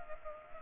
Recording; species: mosquito wingbeat signal from an infrared sensor; Culex pipiens